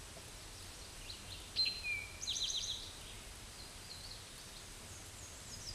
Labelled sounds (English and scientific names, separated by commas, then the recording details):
Eastern Towhee (Pipilo erythrophthalmus) song
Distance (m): 30 m
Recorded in a Pennsylvania forest on 17 May 2023 at 12:10
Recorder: AudioMoth, point grid1_41_low
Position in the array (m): 115 m, 214 m